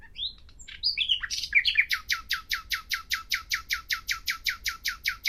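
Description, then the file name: Common nightingale song: a few varied whistled notes, then a long, steady trill of rapidly repeated loud notes running to the end. "Luscinia megarhynchos"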